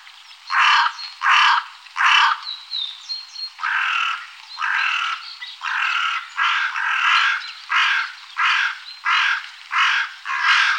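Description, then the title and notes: Carrion crow giving harsh, hoarse caws, the first three loudest, then after a short pause a run of many slightly softer grating calls. Recorded in Germany, Austria and Switzerland. "Sounds of birds from Germany, Austria, Switzerland"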